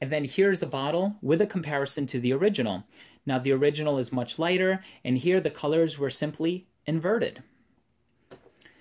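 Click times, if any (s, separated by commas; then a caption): none. Someone talks, then a perfume bottle cap is put back onto the spray neck of a YVRA 1958 L'Essence de Presence cologne bottle, giving two soft contact taps near 8.3 s and 8.7 s. The cap fits snugly but has not clicked into place.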